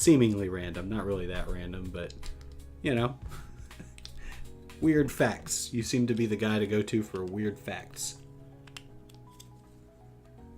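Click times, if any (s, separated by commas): none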